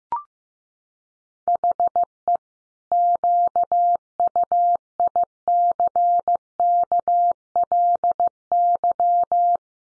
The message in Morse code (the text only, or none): HE QUICKLY